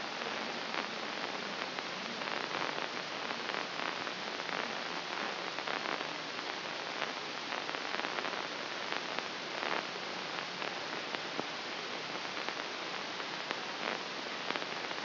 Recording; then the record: brain microelectrode recording played as sound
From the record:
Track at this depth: inside the subthalamic nucleus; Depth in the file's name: 1.34 mm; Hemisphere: left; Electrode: 3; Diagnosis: Parkinson's disease